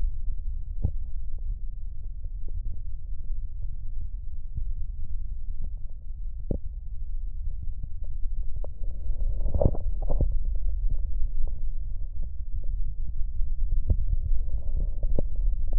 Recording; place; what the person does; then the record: lung sounds by stethoscope; left posterior basal chest; quiet breathing, then deep breathing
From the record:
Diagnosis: COPD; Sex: male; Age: 70 years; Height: 174 cm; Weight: 94 kg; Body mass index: 31.0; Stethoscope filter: extended mode